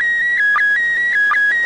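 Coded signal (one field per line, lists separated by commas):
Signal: SSTV (slow-scan television)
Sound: steady whistling tone hopping between two close pitches, with two brief low chirps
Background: radio static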